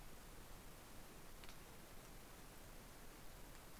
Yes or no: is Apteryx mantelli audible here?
no